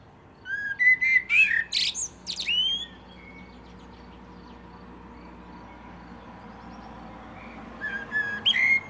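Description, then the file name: Common blackbird sings a full phrase of fluted whistles and high squeaks, then after a pause of several seconds starts another. "Turdus merula"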